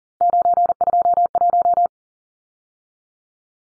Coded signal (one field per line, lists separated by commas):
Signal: Morse code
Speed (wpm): 40 wpm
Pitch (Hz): 700 Hz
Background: none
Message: 921